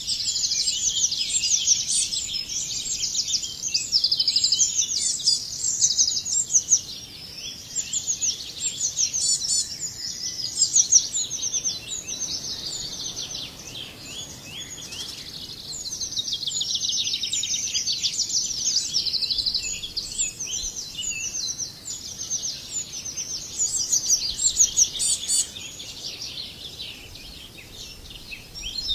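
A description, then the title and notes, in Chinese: Cicadas buzz in a dense, high-pitched chorus for the whole half minute, swelling and easing in slow waves, softest around 13 to 15 seconds. Bird chirps and tweets are woven through the drone, over a faint low hum. 蝉噪林愈静，鸟鸣山更幽。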